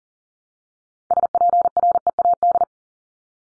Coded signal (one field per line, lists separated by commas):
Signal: Morse code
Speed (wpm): 40 wpm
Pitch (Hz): 700 Hz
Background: none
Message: SPREAD